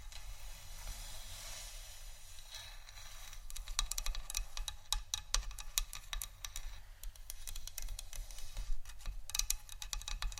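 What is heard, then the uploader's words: Wooden tapping and clicking, starting softly and growing denser after the first few seconds into quick, uneven clusters of crisp, bright knocks. A low steady hum and faint hiss run underneath throughout. ASMR Wooden Triggers（No Talking）.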